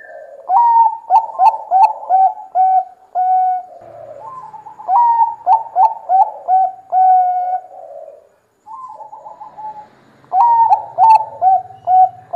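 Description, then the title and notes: Zebra dove song: rapid series of clipped cooing notes near one pitch, phrases repeating about every four to five seconds, with short pauses between bouts. Long-duration zebra dove song used as a lure; gacor, meaning a bird singing frequently and energetically. "Pancingan Perkutut Durasi Panjang. Suara Burung Perkutut Gacor"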